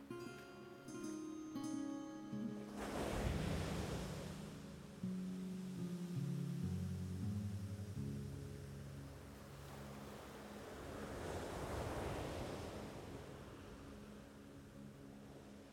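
Waves wash in with a steady hiss, a big swell breaking around three seconds and another cresting near twelve. A pan flute plays held notes over the opening seconds, and lower sustained tones drift beneath the surf until about eight seconds.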